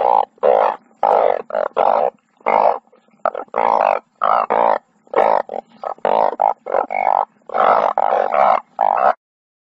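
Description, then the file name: Banded bullfrog calling in a steady series of bleating, lowing notes separated by short silences. "tieng enh uong keu"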